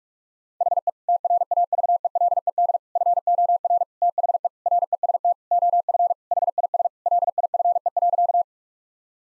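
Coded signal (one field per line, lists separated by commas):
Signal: Morse code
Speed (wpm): 46 wpm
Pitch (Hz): 700 Hz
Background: none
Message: HE TRAVELED FOR THE REST OF HIS LIFE.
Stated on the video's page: Morse practice of sentences with common six-word phrases at 45 wpm, each sent twice.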